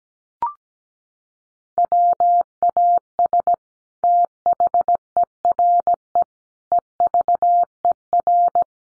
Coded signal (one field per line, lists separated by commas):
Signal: Morse code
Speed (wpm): 17 wpm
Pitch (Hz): 700 Hz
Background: none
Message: WAS THERE EVER